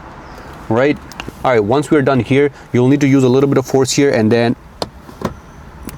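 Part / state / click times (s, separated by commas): dashboard trim panel clip in the dash / released / 4.8 s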